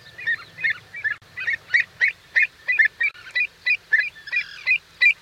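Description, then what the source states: Avocet giving a fast series of clipped, fluty 'kluit' notes, about three per second, some doubled. Song of a wading bird.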